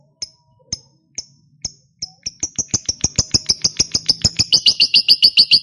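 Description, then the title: Lovebird giving sharp high chirps, at first spaced about half a second apart, then speeding into a rapid, steady chattering series that grows louder. Recording used to prompt a lazy lovebird into eager, spontaneous singing. "LOVEBIRD Malas Bunyi JADI GREGET SPONTAN Langsung NARIK"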